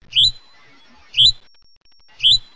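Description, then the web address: Hutton's vireo call: three rising, slurred whistled notes, one roughly every second, each with a soft low thump beneath and quiet gaps between. Northwestern California. "nwcal HUVI"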